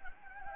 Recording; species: mosquito wingbeat signal from an infrared sensor; Anopheles gambiae